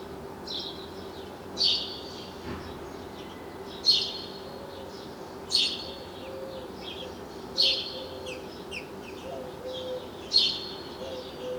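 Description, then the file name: House sparrow giving single sharp chirps repeated roughly every two seconds, each a brief bright note, over a faint steady background hum. "Passer domesticus"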